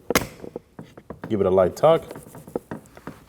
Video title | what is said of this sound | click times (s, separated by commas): How to Replace Rear Door Panels 2011-2016 Kia Optima | Push it in until you hear a click. | 0.2 s